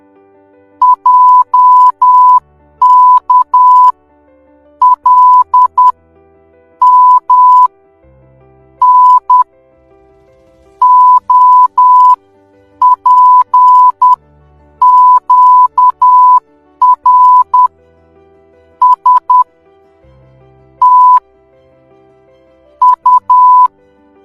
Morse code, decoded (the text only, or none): JK L M N OPQR S T U